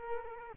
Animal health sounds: mosquito wingbeat signal from an infrared sensor; Culex quinquefasciatus

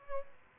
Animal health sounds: mosquito wingbeat signal from an infrared sensor; Aedes albopictus

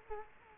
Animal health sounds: mosquito wingbeat signal from an infrared sensor; Culex quinquefasciatus

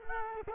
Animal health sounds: mosquito wingbeat signal from an infrared sensor; Culex quinquefasciatus

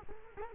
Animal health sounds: mosquito wingbeat signal from an infrared sensor; Culex quinquefasciatus

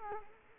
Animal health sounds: mosquito wingbeat signal from an infrared sensor; Culex quinquefasciatus

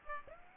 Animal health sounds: mosquito wingbeat signal from an infrared sensor; Aedes aegypti

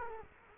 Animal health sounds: mosquito wingbeat signal from an infrared sensor; Culex quinquefasciatus

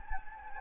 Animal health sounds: mosquito wingbeat signal from an infrared sensor; Anopheles gambiae

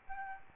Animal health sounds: mosquito wingbeat signal from an infrared sensor; Aedes albopictus

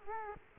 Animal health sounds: mosquito wingbeat signal from an infrared sensor; Culex quinquefasciatus

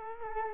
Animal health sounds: mosquito wingbeat signal from an infrared sensor; Culex quinquefasciatus

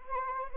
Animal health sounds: mosquito wingbeat signal from an infrared sensor; Anopheles arabiensis

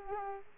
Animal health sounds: mosquito wingbeat signal from an infrared sensor; Aedes aegypti

